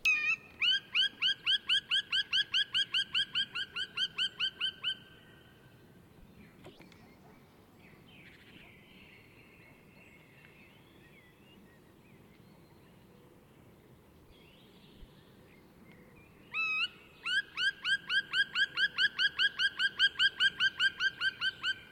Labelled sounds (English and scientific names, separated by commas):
Black Woodpecker (Dryocopus martius) call